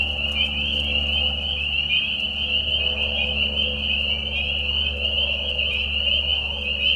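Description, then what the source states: Spring peepers calling as a steady high-pitched chorus of peeps, over a constant low hum. Mating call chorus in a marsh at night during a short spring season, Tiny Marsh Conservation Area, Tiny, Ontario; high whistles at low volume.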